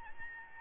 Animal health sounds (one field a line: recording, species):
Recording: mosquito wingbeat signal from an infrared sensor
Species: Aedes albopictus